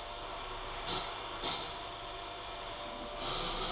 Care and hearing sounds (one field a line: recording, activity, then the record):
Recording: daily activity, microphone in the room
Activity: vacuum cleaning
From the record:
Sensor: 5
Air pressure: 992.0 hPa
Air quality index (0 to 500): 175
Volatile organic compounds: 621 ppm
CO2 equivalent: 4959 ppm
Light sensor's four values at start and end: 30/105/39/41 and 30/105/39/41